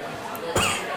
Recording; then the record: coughing mixed with background sound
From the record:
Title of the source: Mid-morning Winter Coughing Fit